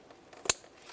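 The plastic electrical connector of the oxygen sensor harness on a 2009-2020 Dodge Journey is pressed into its mating wiring harness plug. A sharp, bright click is heard at 0.5 s, followed by a fainter tick near 0.9 s. The connector is confirmed seated.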